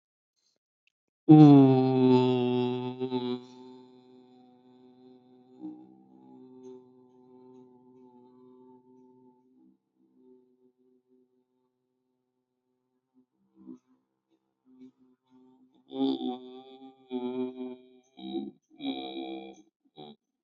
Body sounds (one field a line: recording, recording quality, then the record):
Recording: sustained vowel as in boot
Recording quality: excellent, no background noise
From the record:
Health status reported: healthy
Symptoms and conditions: none ticked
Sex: male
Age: 34 years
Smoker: not ticked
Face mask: not worn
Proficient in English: yes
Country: India